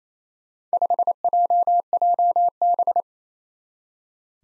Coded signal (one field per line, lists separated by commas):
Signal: Morse code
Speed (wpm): 29 wpm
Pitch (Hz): 700 Hz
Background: none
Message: 5JJB